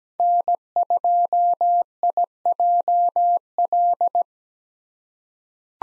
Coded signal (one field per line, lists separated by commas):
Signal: Morse code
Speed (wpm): 17 wpm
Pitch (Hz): 700 Hz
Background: none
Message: N2IJL